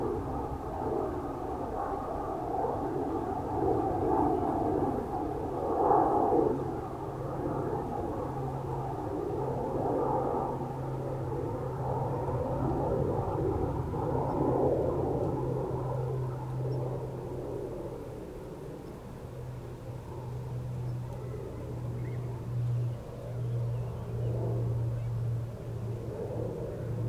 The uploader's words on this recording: Open Moorland | New Forest National Park. This binaural field recording takes you to the heat of the British countryside in summer.